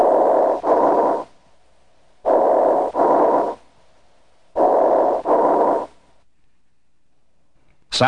Breath sounds are heard over an area of severe fibrosis. Because the bronchi are patent, the sounds have a hollow or tubular quality. They are audible throughout inspiration and expiration. These bronchial breath sounds are high-pitched and are heard equally well with either the diaphragm or bell of the stethoscope. Bronchial breath sounds heard over a fibrotic area sound like this.